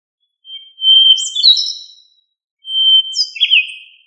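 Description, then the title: Thrush song of two phrases, each beginning with a level whistled note that runs into brief tumbling, descending warbles, with silence between them. "Familia Turdidae - Sabia"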